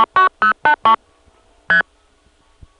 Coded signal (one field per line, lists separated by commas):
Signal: multi-frequency trunk signalling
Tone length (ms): 110 ms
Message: 08 ST